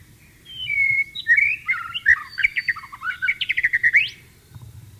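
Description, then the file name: White-rumped shama song beginning with a long clear whistle, then rapid chirps building into a fast run of repeated notes before stopping. "suara burung murai batu di alam liar"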